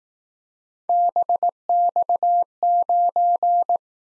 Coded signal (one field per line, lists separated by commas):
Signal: Morse code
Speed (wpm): 19 wpm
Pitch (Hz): 700 Hz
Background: none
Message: BX9